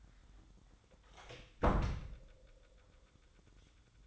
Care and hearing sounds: daily activity, microphone in the room; close door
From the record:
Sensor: 3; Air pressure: 1004.8 hPa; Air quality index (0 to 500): 77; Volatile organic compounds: 2 ppm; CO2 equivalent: 1156 ppm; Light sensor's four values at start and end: 8/19/8/8 and 8/19/8/7

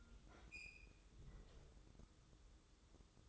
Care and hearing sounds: daily activity, microphone in the room; open fridge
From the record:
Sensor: 3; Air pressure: 995.2 hPa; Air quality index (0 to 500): 78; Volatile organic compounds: 6 ppm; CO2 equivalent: 1865 ppm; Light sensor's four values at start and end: 20/58/25/21 and 20/58/25/21

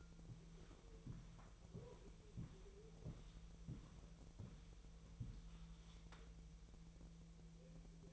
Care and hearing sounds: daily activity, microphone in the room; walk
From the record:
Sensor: 1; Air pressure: 1002.1 hPa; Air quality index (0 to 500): 237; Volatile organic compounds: 93 ppm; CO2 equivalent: 3707 ppm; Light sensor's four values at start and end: 8/20/8/9 and 8/18/7/9

